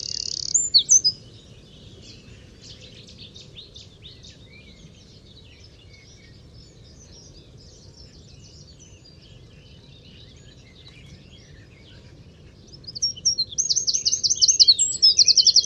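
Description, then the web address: Bird gives a brief high buzz and chirps at the start, then long quiet twittering, before a fast high trill returns near the end. "Deverinetal 2025 File origin Bird Only"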